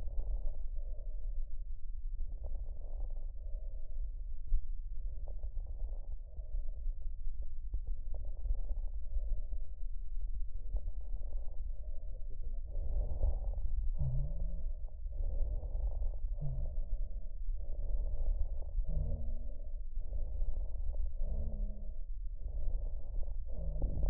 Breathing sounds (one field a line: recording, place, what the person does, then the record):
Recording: lung sounds by stethoscope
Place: right posterior basal chest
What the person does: quiet breathing, then deep breathing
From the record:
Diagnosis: interstitial lung disease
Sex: female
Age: 72 years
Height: 153 cm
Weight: 71 kg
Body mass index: 30.3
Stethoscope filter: extended mode